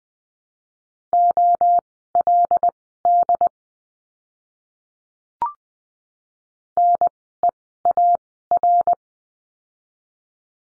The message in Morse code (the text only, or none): OLD NEAR